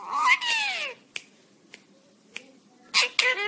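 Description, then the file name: Parrot giving a harmonic, drawn-out call that slides downward, almost like a cat's meow, then a few sharp clicks and a final few short harmonic cries. "singing parrot"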